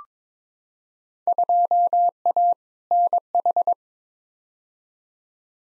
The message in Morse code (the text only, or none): 2A NH